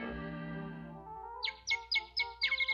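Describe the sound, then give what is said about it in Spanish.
Birds chirp in spring: after a sustained, low harmonic tone fades, five bright, high, downward-sweeping chirps follow one another in quick, slightly uneven succession, with no voices. “La estación de la amigable cooperación entre los pájaros y los vecinos.”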